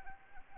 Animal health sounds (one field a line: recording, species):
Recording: mosquito wingbeat signal from an infrared sensor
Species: Anopheles arabiensis